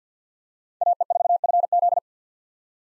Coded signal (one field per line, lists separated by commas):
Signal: Morse code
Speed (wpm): 50 wpm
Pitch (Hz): 700 Hz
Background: none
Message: AE4FZ